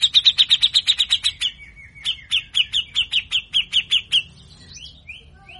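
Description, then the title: Grey-cheeked bulbul delivering two quick runs of harsh, rasping notes, each over a second long, followed by a few softer rising whistles. Master meant to train captive birds to sing; bird singing actively, with rough, rapid song bursts known locally as 'besetan kasar'. "MASTERAN CUCAK JENGGOT GACOR FULL BESETAN KASAR DURASI PANJANG !!!. Cucak Jenggot Bakal Rajin Bunyi Dengar Cucak Jenggot Gacor Ini"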